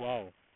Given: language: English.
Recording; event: throat vibration sensor signal played as sound; speech